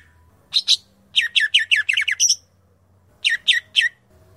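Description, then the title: Grey-cheeked bulbul song: two sharp notes, then a quick run of downslurred chirps, a pause, and a few more, over a faint low hum. "Kicau Burung Cucak Jenggot"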